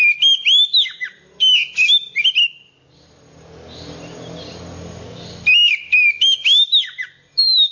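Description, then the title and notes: Oriental magpie-robin song: bright whistled phrases with rising and falling slurs, broken midway by a few seconds of rushing noise before the whistling resumes. "suara kacer. kumpulan suara burung kacer"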